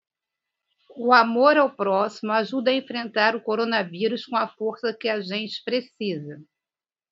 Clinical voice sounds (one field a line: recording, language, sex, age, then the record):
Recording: spoken sentence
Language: Brazilian Portuguese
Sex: female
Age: 50 to 59 years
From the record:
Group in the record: control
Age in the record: 58 years